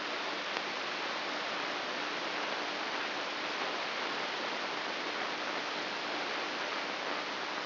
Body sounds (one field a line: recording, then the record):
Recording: brain microelectrode recording played as sound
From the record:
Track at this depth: inside the subthalamic nucleus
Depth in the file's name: 4.385 mm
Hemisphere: left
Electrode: 2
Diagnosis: Parkinson's disease